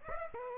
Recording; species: mosquito wingbeat signal from an infrared sensor; Aedes aegypti